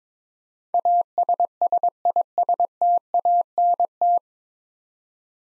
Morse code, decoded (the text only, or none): ASSISTANT